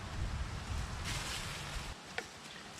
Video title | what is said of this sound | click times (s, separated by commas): How To Install Ignition Coils And Spark Plugs On A Nissan Sentra DIY! | all right and you should feel it snap into place and we'll | 2.2 s